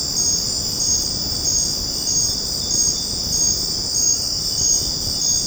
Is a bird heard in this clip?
no